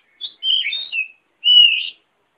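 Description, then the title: Oriental magpie-robin singing two short, clear whistled phrases with quick slurred notes, separated by a brief pause, on a silent background. "Kacer6. KACER MASTER"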